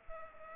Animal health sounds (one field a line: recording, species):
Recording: mosquito wingbeat signal from an infrared sensor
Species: Culex pipiens